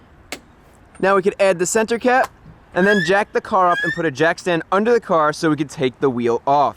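A torque wrench clicks once at its setting at 0.3 s while tightening an axle nut on the drive axle of a car front hub to 135 ft-lb, the nut coated with medium-strength threadlocker and hand tightened first. The single sharp click is followed by someone talking for the rest of the clip.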